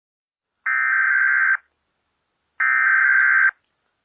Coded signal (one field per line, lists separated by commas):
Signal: Emergency Alert System (SAME) tones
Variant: header bursts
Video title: EMERGENCY ALERT SYSTEM in ghost formula 1 06 warning